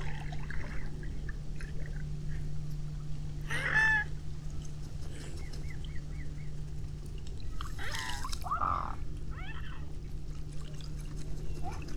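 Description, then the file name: Mute swan calls: a few short, nasal, harmonic notes stand out briefly over a steady low hum and background noise, with quiet gaps between them. "butykos hattyu hangja"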